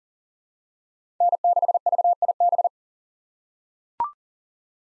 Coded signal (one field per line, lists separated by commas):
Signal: Morse code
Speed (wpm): 40 wpm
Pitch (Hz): 700 Hz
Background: none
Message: N6VIB